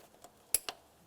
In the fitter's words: for a click give it a tug to make sure that's secure